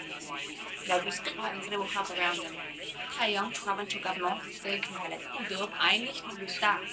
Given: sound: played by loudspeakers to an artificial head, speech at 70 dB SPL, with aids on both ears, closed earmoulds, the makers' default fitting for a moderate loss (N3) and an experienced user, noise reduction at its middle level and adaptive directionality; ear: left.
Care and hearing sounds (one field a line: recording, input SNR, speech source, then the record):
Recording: speech test signal (ISTS) in cocktail-party noise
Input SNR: +3 dB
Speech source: on the right (90 degrees)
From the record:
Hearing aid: class 2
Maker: E